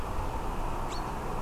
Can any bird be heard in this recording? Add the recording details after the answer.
yes. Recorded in France